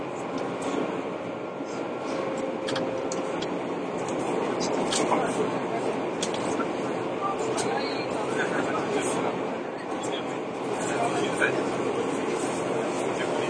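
Inside an Izukyu 2100 series train between Atami and Ito, a steady low rumble runs throughout, with murmured speech and occasional sharp clicks.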